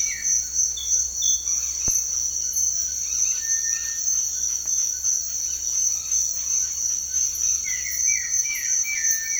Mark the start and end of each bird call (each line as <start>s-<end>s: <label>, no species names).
1.48s-9.39s: bird call